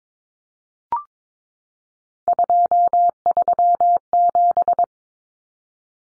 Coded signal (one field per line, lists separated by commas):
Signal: Morse code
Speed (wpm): 22 wpm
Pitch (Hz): 700 Hz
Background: none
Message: 237